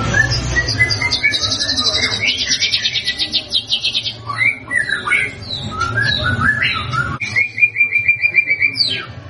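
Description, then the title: White-rumped shama song: rapid high trills and scattered whistled notes, ending with a steady repeated note series, low hum beneath. Prolific 'gacor' singing, used as a lure to make birds respond. "PANCINGAN MURAI BATU GACOR, LANGSUNG RESPON"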